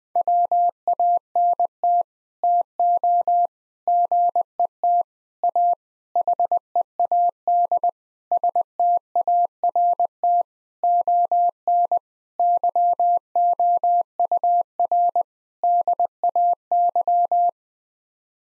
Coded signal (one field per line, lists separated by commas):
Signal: Morse code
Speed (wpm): 20 wpm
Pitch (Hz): 700 Hz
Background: none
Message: WANT TO GET A HEAD START ON YOUR DAY